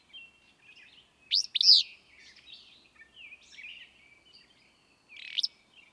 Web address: songs Willow Flycatcher